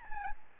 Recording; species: mosquito wingbeat signal from an infrared sensor; Aedes albopictus